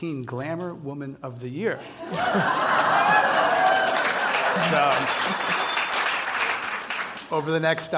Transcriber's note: applause